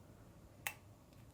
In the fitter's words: once you hear the click sound it means that the lens is seated properly with the camera body